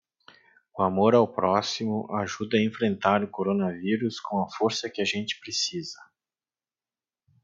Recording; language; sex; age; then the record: spoken sentence; Brazilian Portuguese; male; 40 to 49 years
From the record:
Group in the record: control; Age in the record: 46 years